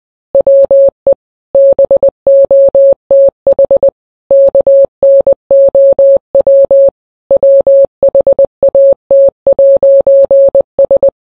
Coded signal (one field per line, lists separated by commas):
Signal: Morse code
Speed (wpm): 20 wpm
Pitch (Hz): 550 Hz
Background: none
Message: WE BOTH KNOW WHAT'S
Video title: never going to give you up in Morse code ( the real one is 15 min long I made it shorter )